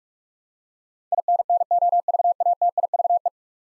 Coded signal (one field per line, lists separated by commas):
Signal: Morse code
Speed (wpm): 44 wpm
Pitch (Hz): 700 Hz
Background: none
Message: INNOVATIVE